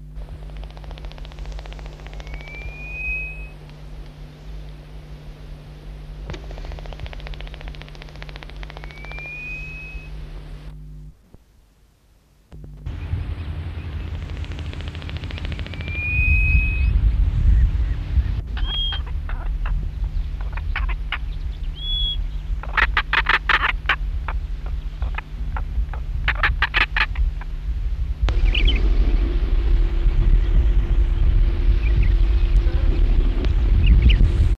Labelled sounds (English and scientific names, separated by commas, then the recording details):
Cape Clapper Lark (Mirafra apiata) song
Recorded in the wild
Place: Farm M. Bela
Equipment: Halbspur, 9,5 cm/s
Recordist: Lütgens, Hans
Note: Gesang